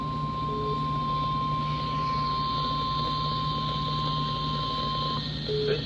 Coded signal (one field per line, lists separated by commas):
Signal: Emergency Alert System (SAME) tones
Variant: 1050 Hz attention tone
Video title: EAS 3319-3320: Weekly Tests from 05/25/22